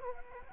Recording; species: mosquito wingbeat signal from an infrared sensor; Culex quinquefasciatus